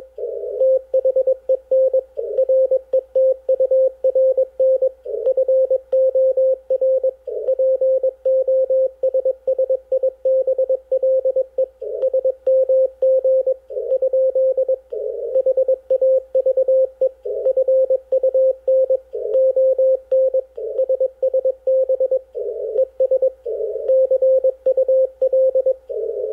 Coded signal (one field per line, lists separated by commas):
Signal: Morse code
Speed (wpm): 21 wpm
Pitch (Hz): 530 Hz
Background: radio noise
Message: THEN RETURN FOR POSSIBLE SMG? HAVE FUN ON SSB ES CUL